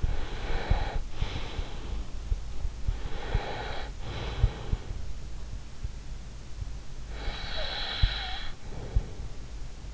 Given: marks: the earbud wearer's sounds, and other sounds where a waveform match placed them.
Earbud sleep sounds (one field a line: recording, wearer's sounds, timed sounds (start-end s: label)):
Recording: sounds in sleep by an in-ear microphone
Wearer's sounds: breath, snoring breath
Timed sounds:
0.00-2.26 s: breath
2.95-4.99 s: breath
7.13-9.49 s: snoring breath